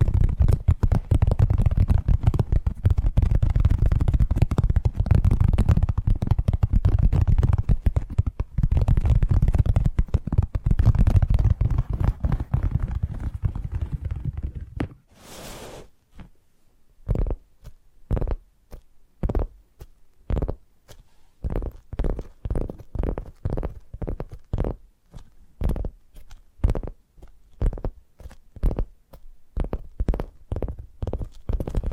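Tapping triggers start as a dense, continuous patter of quick taps with a heavy low thump for about fifteen seconds. After a brief bright burst near fifteen seconds, the taps turn sparse and distinct, landing in a loose rhythm roughly every half second until the end.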